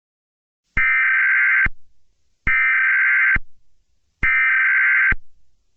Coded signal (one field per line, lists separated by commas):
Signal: Emergency Alert System (SAME) tones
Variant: header bursts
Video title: Eas Scenario - Deedo Invasion 2